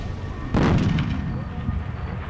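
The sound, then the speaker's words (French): A single deep, heavy explosion-like boom bursts out suddenly one night during a thunderstorm above William Mac Brazel's farm, heard for kilometres around, and rolls on in a low rumbling tail over steady background noise. “Un bruit étrange, comme une explosion qui retentit à des kilomètres à la ronde.”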